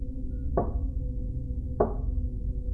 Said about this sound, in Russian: Стук был тихий, но отчетливый.